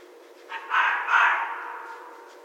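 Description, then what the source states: Red fox producing a short rasp, then two strained, screechy pulses that trail off slowly. Recorded 14 January 2012.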